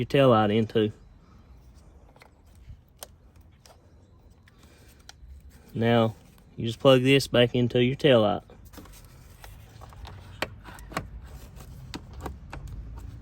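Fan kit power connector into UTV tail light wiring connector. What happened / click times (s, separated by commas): The wiring connector is being handled and has not yet seated / none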